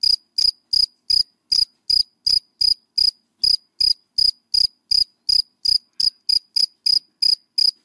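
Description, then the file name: High cricket chirps in a regular run, briefly speeding up toward the end, on an otherwise silent background. Crickets calling, given by the Vietnamese names dế mèn, dế cơm and dế than. "Tieng de men de com de than keu"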